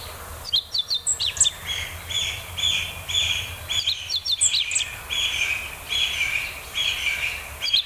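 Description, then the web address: Meadow bunting singing: quick, high, twittering phrases of sharp chirps and trills, over a faint low rumble. "birds hoogiro"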